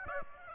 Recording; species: mosquito wingbeat signal from an infrared sensor; Aedes aegypti